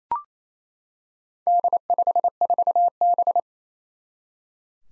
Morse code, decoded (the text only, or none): D54B